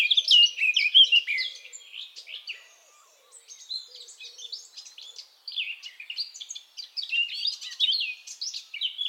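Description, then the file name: Eurasian blackcap with a fast, jumbled warble of chirps and twittering notes, a brief lull near three seconds, then the energetic warbling resumes. "Sylvia atricapilla"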